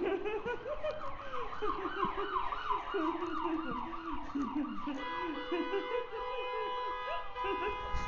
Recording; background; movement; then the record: laughter; traffic; walking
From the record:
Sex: female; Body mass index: 36.4 kg/m2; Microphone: on the chest, facing outward